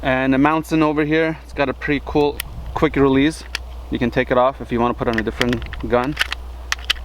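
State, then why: Seated. Someone talks while a weapon-mounted flashlight with a quick-release mount is pushed onto a pistol accessory rail. Two sharp clicks are heard at 6.7 s and 6.9 s as the mount clamps home, and the light snaps easily into place, seated on the rail.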